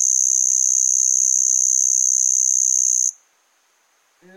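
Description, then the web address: Cicada giving a steady, high, continuous buzz for about three seconds that stops abruptly, followed by silence and a brief unrelated sound at the end. A single cicada chirping. "the sound pack tree. single cicada chirp"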